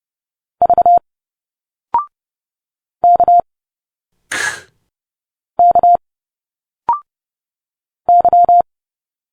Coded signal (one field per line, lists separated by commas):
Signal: Morse code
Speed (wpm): 29 wpm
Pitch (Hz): 700 Hz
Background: none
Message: V K K Y